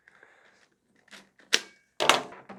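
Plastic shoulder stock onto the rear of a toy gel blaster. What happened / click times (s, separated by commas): The plastic stock snapped fully into place / 1.5 s, 2.1 s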